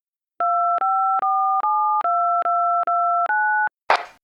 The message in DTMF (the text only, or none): 254729